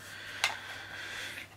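The other side of a plastic Gamevice controller grip is pushed onto the edge of an iPad Pro 12.9 (Lightning only) and snaps into place, seating with a sharp click at 0.4 s. The rest is quiet background hum.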